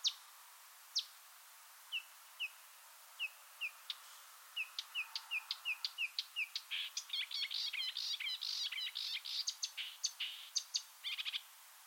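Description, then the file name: Marsh warbler song, opening with scattered single chips and short whistles, building into a dense, hurried stream of varied chattering and scratchy notes. "suara kicauan burung marsh warbler. omkicau"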